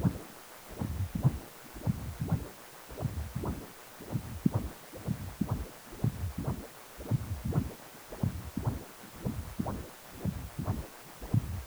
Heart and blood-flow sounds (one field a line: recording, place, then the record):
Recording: Doppler ultrasound of blood flow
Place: precordium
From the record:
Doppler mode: continuous wave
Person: healthy adult, 18 to 50 years, no heart murmur, not diving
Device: 2.5 MHz transducer